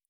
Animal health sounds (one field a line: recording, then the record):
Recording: hydrophone in a shrimp aquaculture tank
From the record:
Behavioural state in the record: normal